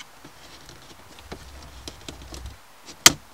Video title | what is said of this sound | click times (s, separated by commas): Dan Fixes Things: NB Miata Eyeball Vent Gauge Install | the click so that's one side | 3.1 s